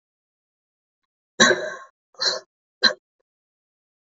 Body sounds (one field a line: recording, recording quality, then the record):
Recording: heavy voluntary cough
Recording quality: excellent, no background noise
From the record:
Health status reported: healthy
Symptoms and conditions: sore throat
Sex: female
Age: 20 years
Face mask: not worn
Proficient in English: yes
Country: India